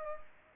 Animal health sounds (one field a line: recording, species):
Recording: mosquito wingbeat signal from an infrared sensor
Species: Culex pipiens